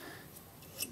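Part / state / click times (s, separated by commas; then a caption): lever on a carpet binding sewing machine / seated / 0.8 s. While threading an NC carpet binding machine, model SBII or SBAII, a metal lever is lifted back up into its raised position. Over a faint steady background, a single small, sharp click sounds at 0.8 s as the lever latches up and seats.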